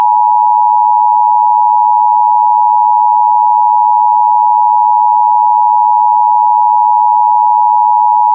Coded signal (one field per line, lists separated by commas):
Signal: Emergency Alert System (SAME) tones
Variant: 853 and 960 Hz attention tone